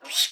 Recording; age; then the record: pig call; piglet (1 to 25 days)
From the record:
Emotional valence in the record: negative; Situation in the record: restrain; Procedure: in the arms of a person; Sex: female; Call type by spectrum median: high-frequency call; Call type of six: high-frequency stable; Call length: 0.32 s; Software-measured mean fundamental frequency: 139 Hz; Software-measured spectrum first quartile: 3638 Hz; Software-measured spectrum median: 4457 Hz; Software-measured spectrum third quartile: 6935 Hz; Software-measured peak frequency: 3739 Hz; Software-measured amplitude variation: 174 dB a second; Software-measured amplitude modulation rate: 14.1 a second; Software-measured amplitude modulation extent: 12.3 dB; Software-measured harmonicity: 1.5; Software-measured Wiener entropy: -1.99